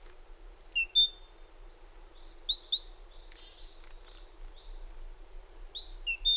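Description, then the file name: Great tit giving a quick cascade of high, falling whistled notes, a softer jumble of short notes in the middle, then the falling phrase again at the close. "Parus major"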